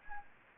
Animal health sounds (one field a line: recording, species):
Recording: mosquito wingbeat signal from an infrared sensor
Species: Anopheles gambiae